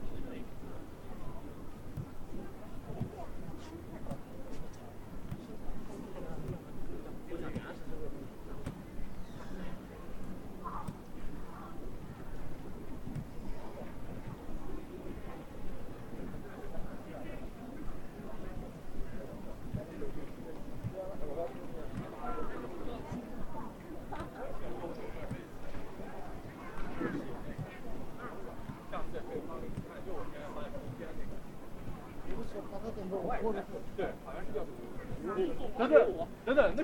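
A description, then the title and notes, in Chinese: At Hongya Cave in Chongqing, a dense crowd chatters steadily for the whole stretch, with a low traffic hum and occasional sharper bursts. 重庆洪崖洞。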